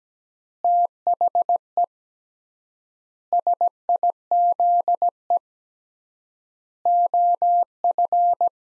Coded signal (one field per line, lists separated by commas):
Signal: Morse code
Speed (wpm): 17 wpm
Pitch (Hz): 700 Hz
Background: none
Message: THE SIZE OF